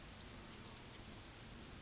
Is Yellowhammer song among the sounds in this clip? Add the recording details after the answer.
yes. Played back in grassland. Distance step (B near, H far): E. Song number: 020